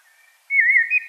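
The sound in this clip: Common blackbird giving a short, clear whistled warble that wavers up and down.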